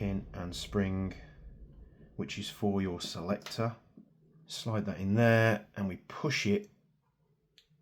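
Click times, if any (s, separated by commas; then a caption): 7.6 s. Someone talks while a selector detent pin and spring are slid into the lower receiver of an airsoft gas blowback rifle and pushed in. A single sharp snap at 7.6 s marks the pin locking into place.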